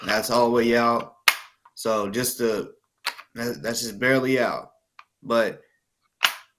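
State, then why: Seated. A handgun is pushed back down into a sensor-equipped holster and snaps into the holster's retention with one sharp click at 6.2 seconds, seating the gun. Before the click, someone talks in short bursts.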